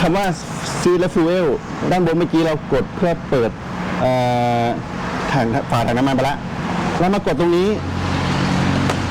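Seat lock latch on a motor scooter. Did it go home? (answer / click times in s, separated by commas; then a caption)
released / 8.9 s. A man talks while pressing the seat-release button on the body of a 2025 Honda PCX 160 motor scooter. At 8.9 s the seat lock latch pops open with a short click, releasing the seat.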